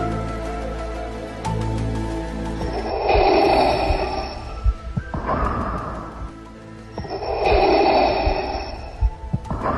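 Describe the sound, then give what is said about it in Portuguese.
Slow, heavy mechanical breathing in a steady rhythm: a long hissing inhale followed by a harsh rasping exhale, repeated twice over a low rumbling hum, sounding ominous and menacing. “foi o mestre dos mestres, o cara malvadão por excelência, o cara que eu não preciso nem falar o nome porque você já sabe quem é, só de ouvir a respiração, hein?”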